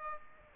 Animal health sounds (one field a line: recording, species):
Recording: mosquito wingbeat signal from an infrared sensor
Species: Aedes aegypti